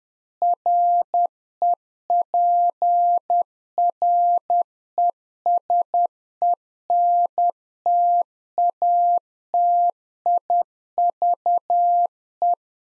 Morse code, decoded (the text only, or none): REPRESENTATIVE